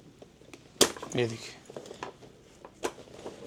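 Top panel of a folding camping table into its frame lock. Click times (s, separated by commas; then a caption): 0.8 s. The second side of a folding camping table's top panel is pushed into its frame lock and seats with a sharp, loud snap at 0.8 s. This locks the table top so the table is ready. Someone talks right after, and a few faint light knocks and taps are heard before and after the snap.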